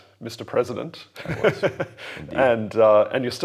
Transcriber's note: laughs